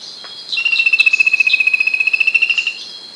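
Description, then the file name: Bird call: one sustained whistle with rapid, regular pulsing, dipping slightly then rising, lasting about two seconds against a steady high buzzing background. "SABIOD 50 bird 2015"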